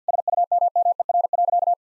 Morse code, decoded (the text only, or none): SUMMER.